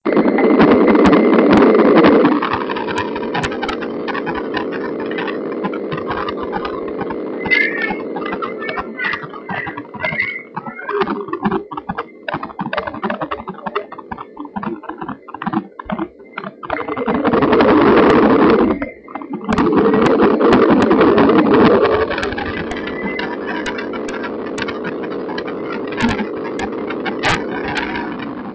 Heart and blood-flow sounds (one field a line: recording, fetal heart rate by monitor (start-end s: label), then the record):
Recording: fetal heart sounds by stethoscope on the mother's abdomen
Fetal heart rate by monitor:
0.00-10.00 s: 124 bpm
10.00-20.00 s: 137 bpm
20.00-28.55 s: 133 bpm
From the record:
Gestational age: 35 weeks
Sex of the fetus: boy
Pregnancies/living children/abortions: 2/1/0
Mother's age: 30 years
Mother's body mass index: 27.7